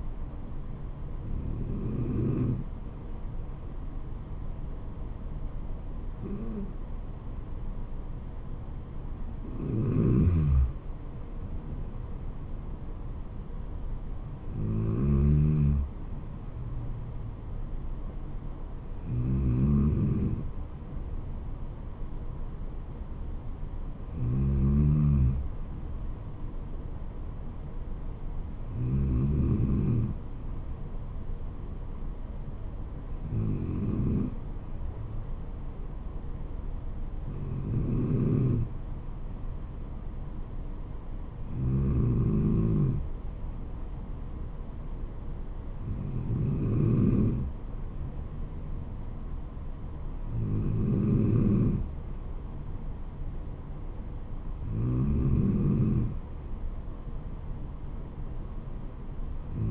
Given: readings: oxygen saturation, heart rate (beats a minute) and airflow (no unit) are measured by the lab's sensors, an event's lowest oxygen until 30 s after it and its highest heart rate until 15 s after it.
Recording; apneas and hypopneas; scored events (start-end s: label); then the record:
breathing in sleep by a smartphone at the bedside; none
none scored
From the record:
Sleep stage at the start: N2 (light sleep); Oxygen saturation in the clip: 93 to 94%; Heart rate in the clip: 64 to 74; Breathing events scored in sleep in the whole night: 426 in 7.4 hours asleep